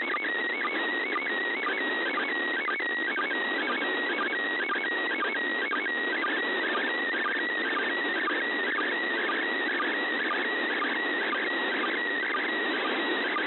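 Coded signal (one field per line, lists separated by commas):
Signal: SSTV (slow-scan television)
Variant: PD 120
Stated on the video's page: Live SSTV images from the International Space Station received with an old rabbit-ears TV antenna.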